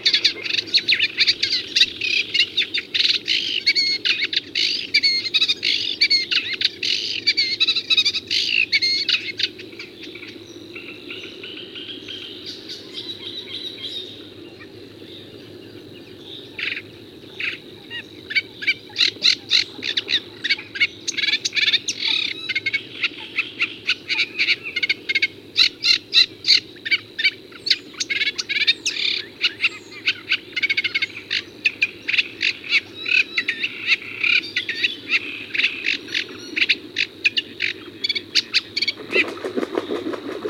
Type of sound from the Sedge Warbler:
song